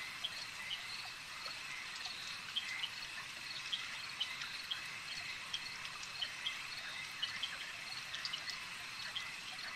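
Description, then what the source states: Insect swarm: insects keep up an unbroken shrill buzzing chorus, dotted with quick ticking sounds throughout. Insect swarm ambience.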